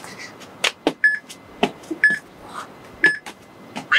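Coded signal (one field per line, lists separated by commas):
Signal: none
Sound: workout timer beeps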